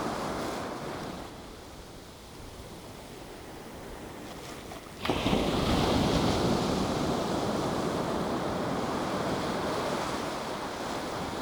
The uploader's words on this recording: Nairn Beach. A hazy overcast start to the beach this morning. More boats with oil rigging equipment following it on the horizon, an industrious scene. The rolling sounds of the surf captured on audio.